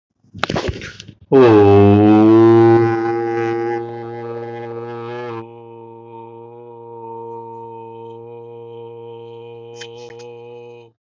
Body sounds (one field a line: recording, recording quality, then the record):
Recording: sustained vowel as in boot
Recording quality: excellent, no background noise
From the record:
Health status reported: healthy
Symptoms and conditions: cough, cold, loss of smell and taste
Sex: male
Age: 28 years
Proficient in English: yes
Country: India